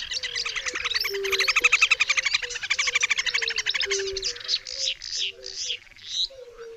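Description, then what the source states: Little grebe trill: a fast piercing run of rapid notes that swells and then breaks into slower separate notes, with low steady tones from other callers underneath. Piercing trills of little grebes, heard in a forest marsh.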